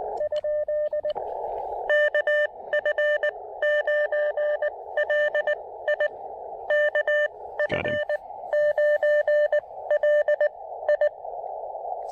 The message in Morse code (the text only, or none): ? KF9LI KF9LI